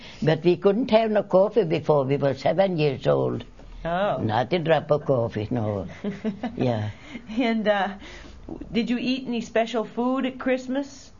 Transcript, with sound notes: But we couldn't have no coffee before we were seven years old. Not a drop of coffee, no.
( she laughs ) And did you eat any special food at Christmas?